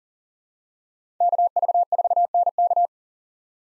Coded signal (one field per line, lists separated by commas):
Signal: Morse code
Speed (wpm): 40 wpm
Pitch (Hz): 700 Hz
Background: none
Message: KV4NK